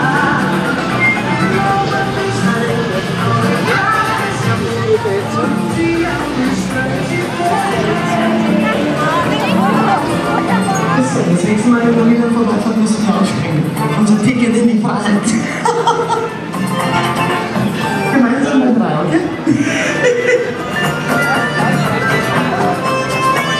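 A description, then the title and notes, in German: Busy amusement park ambience: many voices talking and overlapping, a dense steady murmur with occasional laughter. The level stays even throughout, with brighter clatter and short rises in chatter around the middle, and a faint low rumble underneath. Freizeitpark ASMR.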